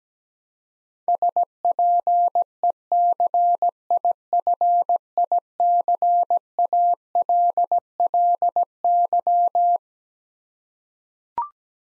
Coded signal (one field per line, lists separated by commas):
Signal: Morse code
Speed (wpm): 17 wpm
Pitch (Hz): 700 Hz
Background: none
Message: SPECIFICALLY